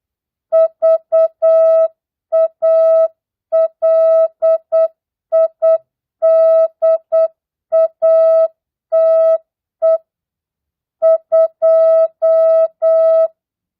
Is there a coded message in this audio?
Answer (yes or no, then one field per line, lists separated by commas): yes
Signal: Morse code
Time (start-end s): 0.5-13.3 s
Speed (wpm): 8 wpm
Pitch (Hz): 650 Hz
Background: music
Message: VALIDATE 2